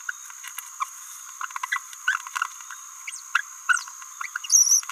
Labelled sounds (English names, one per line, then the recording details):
Green-rumped Parrotlet babbling
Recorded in a nest box in Venezuela
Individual 18B17A4